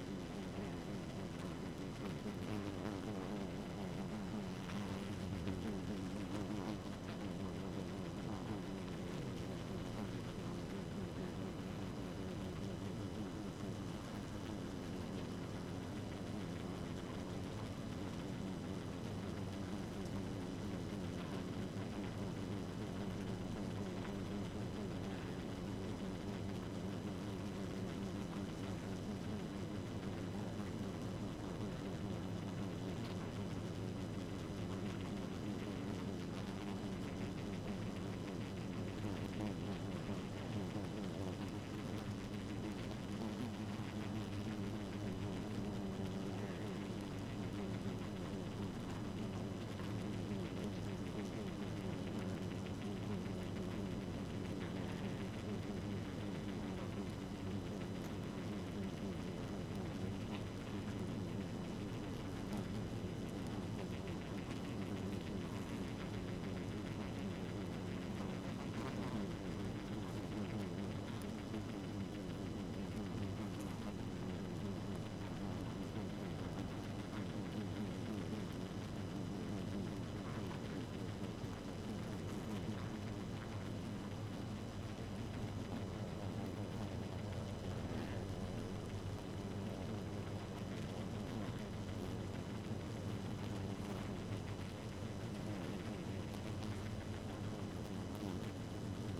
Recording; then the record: honeybee colony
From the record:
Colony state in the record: active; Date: 12 June 2018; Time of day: 1:30